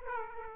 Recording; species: mosquito wingbeat signal from an infrared sensor; Aedes aegypti